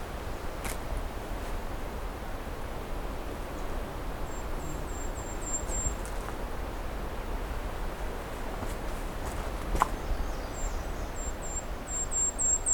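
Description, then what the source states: Golden-crowned Kinglet, two bouts of very high, thin repeated notes, with a few sharp clicks and low background rumble. Heard in a cedar swamp along a trail north of Pine Tree Harbour; very high pitched, reminiscent of the last part of the Black-capped Chickadee's call.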